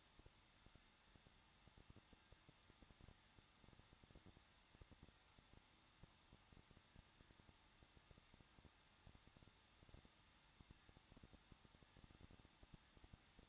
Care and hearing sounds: daily activity, microphone in the room; no activity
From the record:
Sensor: 3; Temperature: 21.2 degrees Celsius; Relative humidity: 36.4%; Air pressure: 1006.4 hPa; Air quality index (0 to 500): 223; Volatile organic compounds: 42 ppm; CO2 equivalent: 3186 ppm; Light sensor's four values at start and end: 2/3/2/2 and 2/3/2/2

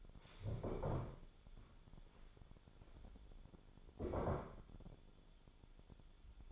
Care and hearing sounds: daily activity, microphone in the room; stand up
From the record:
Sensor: 5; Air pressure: 1015.4 hPa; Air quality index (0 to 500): 180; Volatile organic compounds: 7 ppm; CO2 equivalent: 1952 ppm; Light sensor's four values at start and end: 36/83/33/32 and 36/83/33/32

